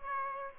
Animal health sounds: mosquito wingbeat signal from an infrared sensor; Aedes aegypti

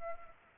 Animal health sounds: mosquito wingbeat signal from an infrared sensor; Culex pipiens

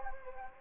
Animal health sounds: mosquito wingbeat signal from an infrared sensor; Anopheles gambiae

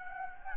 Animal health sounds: mosquito wingbeat signal from an infrared sensor; Anopheles gambiae

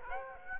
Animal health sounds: mosquito wingbeat signal from an infrared sensor; Aedes aegypti

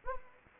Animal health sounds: mosquito wingbeat signal from an infrared sensor; Anopheles gambiae

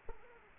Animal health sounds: mosquito wingbeat signal from an infrared sensor; Culex quinquefasciatus

